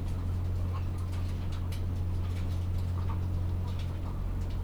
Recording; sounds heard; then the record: poultry house recording; sick chickens (respiratory disease)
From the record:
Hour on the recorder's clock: 17